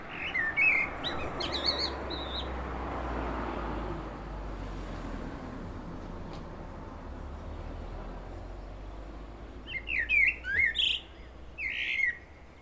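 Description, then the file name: Common blackbird song phrases at start and end, each a rich warble followed by a chattering high squeak, separated by a long quiet gap over low rumbling noise. "Turdus merula"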